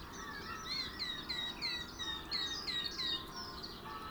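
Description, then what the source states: Song thrush song: a quick run of bright, slurred whistled notes repeated several times a second, with a steady low rumble underneath. Male singing.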